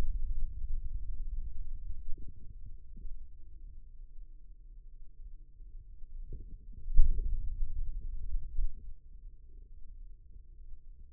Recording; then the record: forearm muscle sounds (acoustic myography)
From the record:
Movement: hand opening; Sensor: system 2, bracelet of six BSWA MPA416 microphones around the upper forearm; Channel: 4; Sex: male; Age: 22 years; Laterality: right